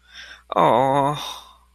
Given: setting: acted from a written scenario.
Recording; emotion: vocal sound without words; guilt